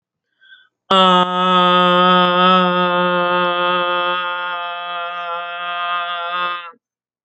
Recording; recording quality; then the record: sustained vowel as in made; excellent, no background noise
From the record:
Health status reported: healthy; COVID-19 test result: negative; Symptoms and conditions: none ticked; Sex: female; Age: 46 years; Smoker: not ticked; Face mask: not worn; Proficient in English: yes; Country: United States